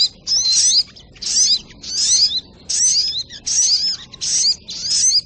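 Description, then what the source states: Brown-throated sunbird delivering several high, buzzy twittering bursts laced with thin whistled slurs, with short gaps between. Masteran recording for training cage birds, titled Labaik.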